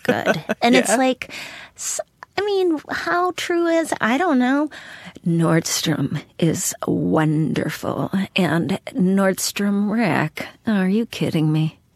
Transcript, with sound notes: And it's like - I mean, how true it is, I don't know. (Impersonating mother) Nordstrom is wonderful. And Nordstrom Rack, are you kidding me?